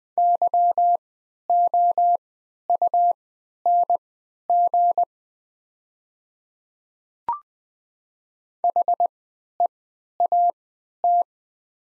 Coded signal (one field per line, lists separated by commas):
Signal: Morse code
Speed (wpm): 20 wpm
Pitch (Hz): 700 Hz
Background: none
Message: YOUNG HEAT